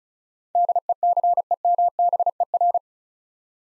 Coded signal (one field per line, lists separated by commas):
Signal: Morse code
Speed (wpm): 36 wpm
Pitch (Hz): 700 Hz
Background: none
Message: DECEMBER